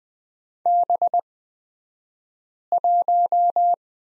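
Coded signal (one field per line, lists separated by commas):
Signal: Morse code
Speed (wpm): 20 wpm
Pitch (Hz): 700 Hz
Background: none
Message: B1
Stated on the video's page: Morse course lesson on the letter X, two-character drill, at Farnsworth speed 20/10wpm.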